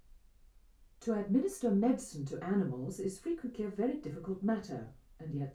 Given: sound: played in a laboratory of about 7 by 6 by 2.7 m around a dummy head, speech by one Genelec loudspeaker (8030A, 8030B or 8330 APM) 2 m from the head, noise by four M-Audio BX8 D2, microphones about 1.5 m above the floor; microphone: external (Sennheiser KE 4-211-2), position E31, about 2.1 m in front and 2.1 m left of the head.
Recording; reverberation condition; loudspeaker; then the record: female speech in English; low; in front (0 degrees)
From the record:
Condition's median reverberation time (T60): about 310 ms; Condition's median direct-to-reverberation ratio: about 3.5 dB